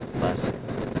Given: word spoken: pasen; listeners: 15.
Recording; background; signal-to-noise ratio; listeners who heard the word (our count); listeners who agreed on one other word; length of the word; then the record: one Spanish word in noise, from a listening test; noise modulated by three-talker babble; -5.1 dB; 0 of 15; 9 of 15; 0.60 s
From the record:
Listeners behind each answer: 9, 4, 2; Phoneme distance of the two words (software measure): 17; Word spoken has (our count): 2 syllables, 5 phonemes, stress on syllable 1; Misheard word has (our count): 2 syllables, 4 phonemes, stress on syllable 1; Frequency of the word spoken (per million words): 7.32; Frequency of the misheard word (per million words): 191.68